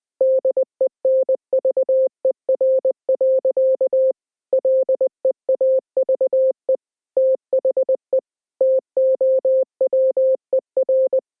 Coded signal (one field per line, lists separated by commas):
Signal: Morse code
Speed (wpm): 20 wpm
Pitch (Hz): 520 Hz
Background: none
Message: DENVER. LEAVE THE TOWER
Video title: EAS Scenario 2: K-1V0